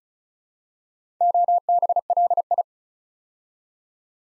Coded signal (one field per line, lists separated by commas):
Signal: Morse code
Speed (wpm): 36 wpm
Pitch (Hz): 700 Hz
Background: none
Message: OBLI